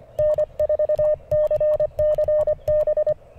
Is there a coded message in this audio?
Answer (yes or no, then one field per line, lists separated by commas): yes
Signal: Morse code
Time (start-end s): 0.2-3.1 s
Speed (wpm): 23 wpm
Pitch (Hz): 600 Hz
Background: none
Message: N4CCB